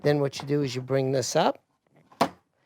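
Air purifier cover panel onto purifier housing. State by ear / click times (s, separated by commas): seated / 2.2 s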